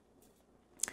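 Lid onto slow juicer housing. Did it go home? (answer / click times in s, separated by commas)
yes / 0.8 s, 0.9 s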